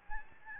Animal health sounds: mosquito wingbeat signal from an infrared sensor; Aedes albopictus

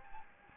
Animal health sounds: mosquito wingbeat signal from an infrared sensor; Anopheles gambiae

